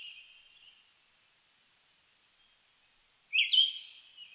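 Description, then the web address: Siberian thrush song: a brief fading note at the start, then after a quiet gap a short whistled phrase with a high, hissing, buzzy flourish near the end. Recorded on 29 May 2004. "2004 040529 mamijiro"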